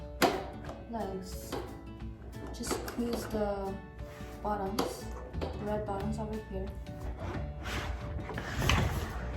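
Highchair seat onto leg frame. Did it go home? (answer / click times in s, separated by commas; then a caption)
no / none. A plastic seat unit for a Graco DuoDiner 3-in-1 highchair is handled above its leg frame while the red release buttons at the bottom are squeezed, with music playing and someone talking. There are brief knocks and handling sounds, but nothing has seated or clicked yet.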